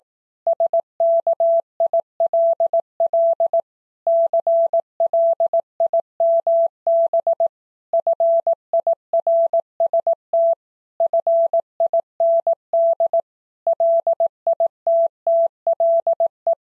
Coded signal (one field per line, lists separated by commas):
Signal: Morse code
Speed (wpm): 18 wpm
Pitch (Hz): 670 Hz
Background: none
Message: SKILL CLIMB FIRST FIND LITTLE